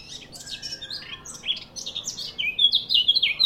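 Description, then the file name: Eurasian blackcap song: a quick scratchy warble that builds into louder, clearer whistled phrases toward the end, high-pitched and continuous. "Sylvia atricapilla"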